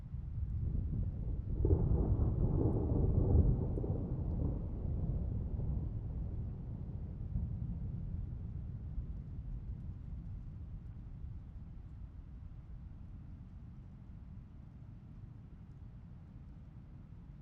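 A deep rumble of thunder swells between two and four seconds, then rolls away slowly over a low, steady roar of rushing water.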